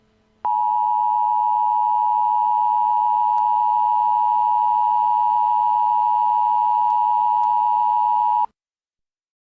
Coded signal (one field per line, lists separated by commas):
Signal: Emergency Alert System (SAME) tones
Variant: 853 and 960 Hz attention tone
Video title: [EAS Mock] The Z Virus - Atlanta: The Beginning